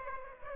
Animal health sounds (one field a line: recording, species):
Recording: mosquito wingbeat signal from an infrared sensor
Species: Aedes aegypti